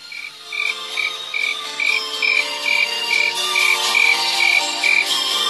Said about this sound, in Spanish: Pero vos, escucha ese grillo.